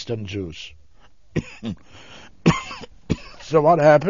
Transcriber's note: he coughs